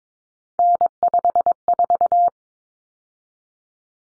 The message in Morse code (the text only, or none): N54